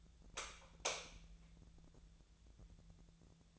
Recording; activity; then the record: daily activity, microphone in the room; light on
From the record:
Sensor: 3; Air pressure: 1000.0 hPa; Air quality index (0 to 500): 126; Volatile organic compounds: 2 ppm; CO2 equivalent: 1125 ppm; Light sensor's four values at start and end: 37/95/40/44 and 40/104/44/47